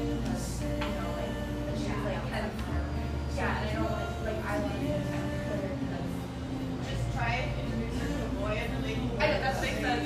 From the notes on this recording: café sounds from a little drip coffee joint in eastern Seattle